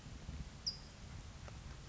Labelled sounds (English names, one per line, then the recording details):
California Towhee
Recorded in Sonoma County, California